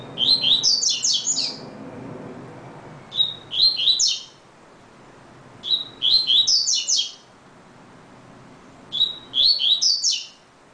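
Double-collared seedeater singing four short bright phrases, each a whistled lead note followed by rapid sweeping trills, spaced roughly every three seconds.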